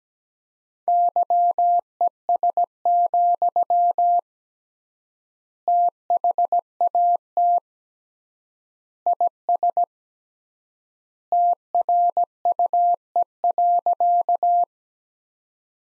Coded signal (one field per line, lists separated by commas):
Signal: Morse code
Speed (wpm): 17 wpm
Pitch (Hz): 700 Hz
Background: none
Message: YES, THAT IS TRUE.